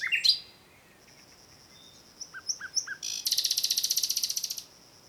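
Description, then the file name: Common nightingale song with a sharp opening note, a few soft spaced whistles, then a fast, even, buzzy trill lasting over a second. "Luscinia megarhynchos"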